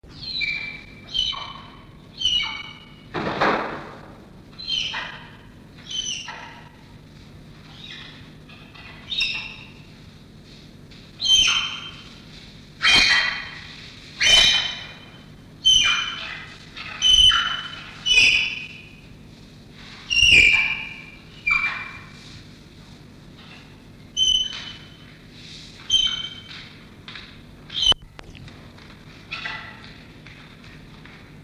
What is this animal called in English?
Malayan Tapir